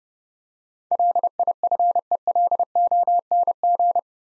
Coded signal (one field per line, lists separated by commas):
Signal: Morse code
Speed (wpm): 28 wpm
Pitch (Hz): 700 Hz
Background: none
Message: LIFELONG